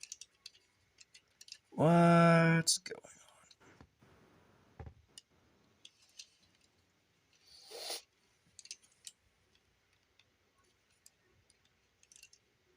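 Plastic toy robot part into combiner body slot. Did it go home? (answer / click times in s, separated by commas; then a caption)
no / none. Small plastic clicks and taps come from handling a plastic toy robot combiner limb that is being pushed up so its small tab goes into the combiner body slot to lock. Someone talks, and a loud burst of sound near 2 seconds is followed by scattered light ticks and rustling. Nothing has seated or clicked yet; the limb is not yet home by the end.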